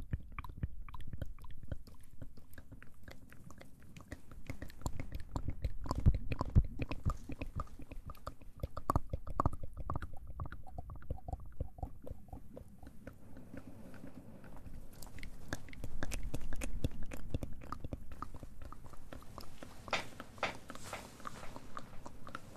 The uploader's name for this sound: ASMR Mouth Sounds & Ear Play